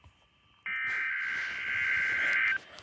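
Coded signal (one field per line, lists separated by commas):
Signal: Emergency Alert System (SAME) tones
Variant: header bursts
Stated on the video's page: Weekly EAS test from a NOAA Weather Radio station in State College.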